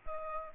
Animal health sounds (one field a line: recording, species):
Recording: mosquito wingbeat signal from an infrared sensor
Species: Culex pipiens